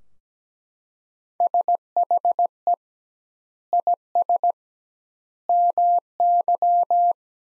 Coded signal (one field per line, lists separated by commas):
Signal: Morse code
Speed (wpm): 17 wpm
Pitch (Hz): 700 Hz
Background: none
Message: SHE IS MY